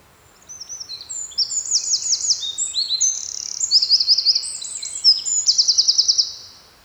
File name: Troglodytes troglodytes